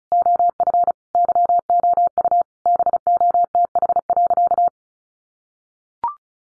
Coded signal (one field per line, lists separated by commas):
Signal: Morse code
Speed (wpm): 34 wpm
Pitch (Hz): 700 Hz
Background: none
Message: OF YOU BOTH.